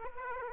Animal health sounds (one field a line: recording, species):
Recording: mosquito wingbeat signal from an infrared sensor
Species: Aedes aegypti